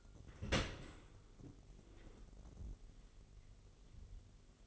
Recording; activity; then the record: daily activity, microphone in the room; open dishwasher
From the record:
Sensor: 4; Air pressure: 999.0 hPa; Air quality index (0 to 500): 127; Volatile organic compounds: 2 ppm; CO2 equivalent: 1245 ppm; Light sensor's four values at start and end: 7/18/7/7 and 7/16/6/7